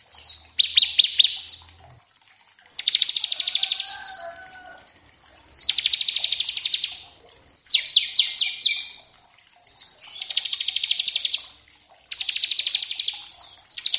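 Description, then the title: Bar-winged prinia song: several loud buzzy trills, each a run of quick slurred chirps, with brief gaps between bursts. Lure and tutor recording of energetic ngebren-style song variations, used to coax the bird into singing and as a master for other cage birds. "Masteran Ciblek Gacor Vs Kenari Gacor Untuk Masteran Semua Jenis Burung. Ciblek ngebren variasi masteran & pancingan ciblek. Burung Ciblek"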